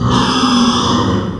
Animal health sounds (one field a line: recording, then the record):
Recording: squeal of a Yucatan mini pig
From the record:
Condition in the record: after surgery on the right vocal fold (resection and tissue-engineered implant)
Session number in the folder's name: 16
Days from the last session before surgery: 183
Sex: female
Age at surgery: 19 weeks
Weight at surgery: 25 kg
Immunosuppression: prednisolone